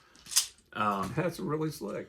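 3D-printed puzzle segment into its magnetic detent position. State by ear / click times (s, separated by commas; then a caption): seated / 0.4 s. A 3D-printed plastic puzzle with glued-in rare earth magnets is turned, and a segment snaps into its locked magnetic position at a corner turn with a sharp click at 0.4 seconds. After a brief quiet, someone talks. The segment is confirmed seated.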